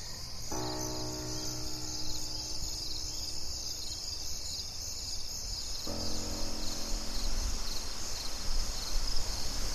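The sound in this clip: Steady high-pitched cricket chirping fills the background, joined twice by held chord-like tones and an ongoing low hum.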